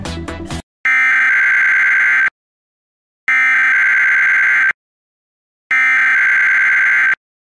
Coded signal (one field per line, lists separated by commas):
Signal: Emergency Alert System (SAME) tones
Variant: header bursts